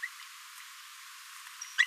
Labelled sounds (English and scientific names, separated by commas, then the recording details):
Green-rumped Parrotlet (Forpus passerinus) babbling
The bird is a female
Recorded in a nest box in Venezuela
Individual 17B42A4